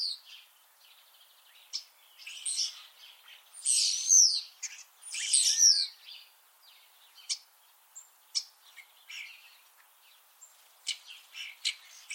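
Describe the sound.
Common starling calls: clicks, harsh buzzy bursts and brief whistled squeals, loudest in two noisy bursts midway, then scattered sharp clicks and chirps.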